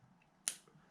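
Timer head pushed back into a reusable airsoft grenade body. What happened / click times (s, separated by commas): The plastic head snapped back into its housing / 0.5 s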